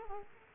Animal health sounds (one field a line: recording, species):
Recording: mosquito wingbeat signal from an infrared sensor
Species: Culex quinquefasciatus